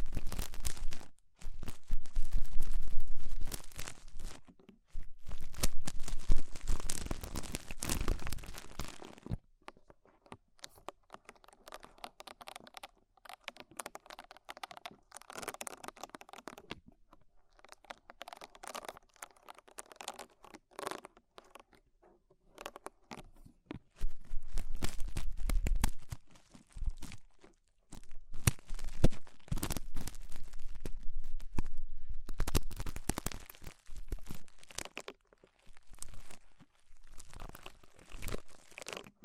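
Ear cleaning with rhinestone and clay removal: bursts of crinkly scratching, crunching and tearing sounds alternate with quieter stretches. The loudest rustling comes early, around five to nine seconds, and again from about twenty-four seconds on, with irregular short scrapes throughout.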